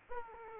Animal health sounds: mosquito wingbeat signal from an infrared sensor; Aedes aegypti

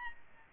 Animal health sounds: mosquito wingbeat signal from an infrared sensor; Aedes albopictus

